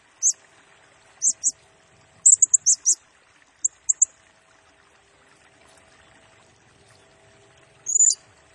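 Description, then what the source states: Blue-crowned hanging parrot song: sparse, piercing high notes in small clusters, then a long quiet spell before one final harsh squeal. Lure and tutor recording for training and attracting birds; bird sings energetically (gacor) in rapid nembak style, said to stir up all other birds.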